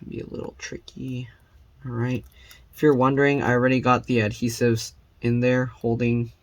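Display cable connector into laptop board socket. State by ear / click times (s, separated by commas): not seated / none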